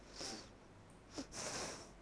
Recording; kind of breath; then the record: one breath in and out by a microphone near the nose and mouth; deep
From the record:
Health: marked as sick, illness not named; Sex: female